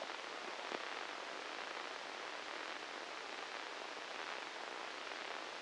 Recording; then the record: brain microelectrode recording played as sound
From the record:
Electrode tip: inside the subthalamic nucleus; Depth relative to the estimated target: 0 mm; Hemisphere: left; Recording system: NeuroSet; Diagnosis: Parkinson's disease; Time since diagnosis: 8 years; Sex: male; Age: 37 years